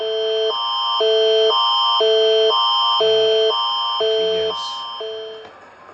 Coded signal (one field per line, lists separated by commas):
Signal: telephone call progress tone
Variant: France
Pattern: busy tone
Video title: Rating eas alarms part 1